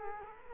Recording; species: mosquito wingbeat signal from an infrared sensor; Culex quinquefasciatus